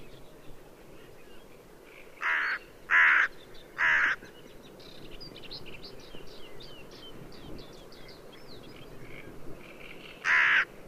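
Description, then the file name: Hooded crow with a burst of three hoarse caws, light twittering of other birds in between, and a final lone caw several seconds later. "dolmanyos varju Corvus cornix"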